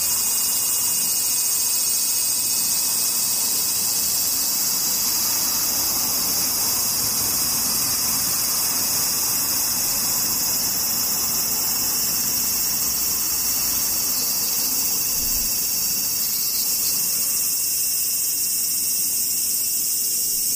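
Cicadas drone without pause for the whole stretch, a dense, shrill hiss high in pitch that never swells or fades. Beneath it sits a faint, steady low rumble, and the overall loudness stays level from start to finish.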